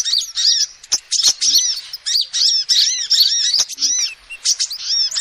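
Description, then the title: Shrill lovebird chatter, arched squeaks repeated in quick runs with short pauses and a few sharp clicks. Lovebird calls used as a lure to trap birds. "PIKAT BURUNG LOVEBIRD"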